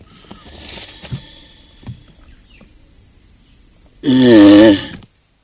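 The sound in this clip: Galapagos tortoise gives a single loud, rough, wavering bellow near the end after a quiet stretch with faint rustles.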